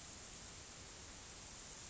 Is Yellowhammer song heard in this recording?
no